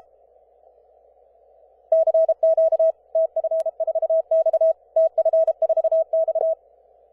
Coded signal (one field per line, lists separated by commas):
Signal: Morse code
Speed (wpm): 32 wpm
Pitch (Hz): 650 Hz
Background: none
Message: CQ TF4X TF4X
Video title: 20m QRP CW working Iceland